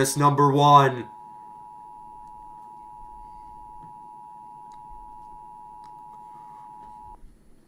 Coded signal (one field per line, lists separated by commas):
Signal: Emergency Alert System (SAME) tones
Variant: 853 and 960 Hz attention tone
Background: speech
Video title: watching eas scenarios (request in chat- try some new creators)